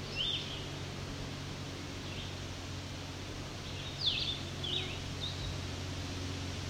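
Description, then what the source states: Blue-headed Vireo song: short, high slurred phrases spaced up to two seconds apart, with a steady low rumble behind. Singing in the morning along a mountain bike trail in a park northeast of Wyerton.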